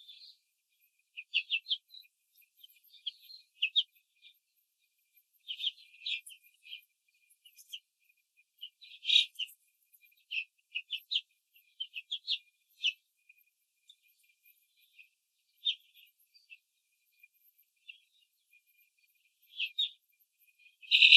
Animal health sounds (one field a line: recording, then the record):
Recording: young laying hens in a cage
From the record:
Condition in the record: control cage, after the stress test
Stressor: none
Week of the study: 4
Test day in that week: 3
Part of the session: 1